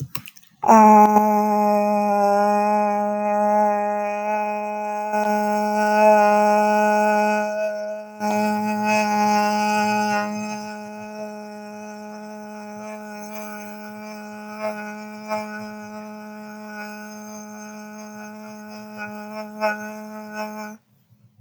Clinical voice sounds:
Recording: vowel held as long as possible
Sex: female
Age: 20 to 29 years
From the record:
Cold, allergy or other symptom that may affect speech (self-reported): no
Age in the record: 27 years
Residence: Oklahoma, United States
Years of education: 17

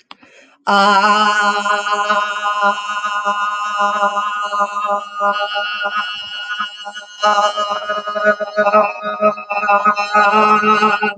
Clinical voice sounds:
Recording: vowel held as long as possible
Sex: female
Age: 20 to 29 years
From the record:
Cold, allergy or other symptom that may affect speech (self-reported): no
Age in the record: 26 years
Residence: Idaho, United States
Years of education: 16

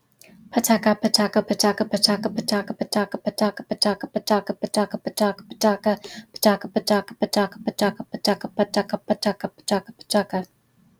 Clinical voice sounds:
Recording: repeated syllables /pa ta ka/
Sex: female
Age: 40 to 49 years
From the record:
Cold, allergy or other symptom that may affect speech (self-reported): no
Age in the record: 41 years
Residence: Massachusetts, United States

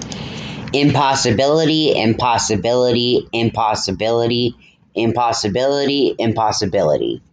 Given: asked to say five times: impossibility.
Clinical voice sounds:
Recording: repeated word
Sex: male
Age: 30 to 39 years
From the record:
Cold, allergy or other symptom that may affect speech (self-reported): no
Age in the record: 30 years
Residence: Arkansas, United States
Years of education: 11

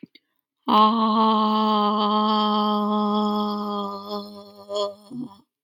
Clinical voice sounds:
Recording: vowel held as long as possible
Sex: female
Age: 30 to 39 years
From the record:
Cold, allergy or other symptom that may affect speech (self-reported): no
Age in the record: 30 years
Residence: United States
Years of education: 18

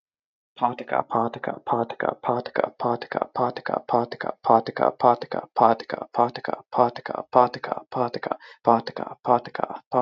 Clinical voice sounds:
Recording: repeated syllables /pa ta ka/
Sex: male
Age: 20 to 29 years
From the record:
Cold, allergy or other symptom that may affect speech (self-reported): no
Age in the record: 25 years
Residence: Ohio, United States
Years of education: 17

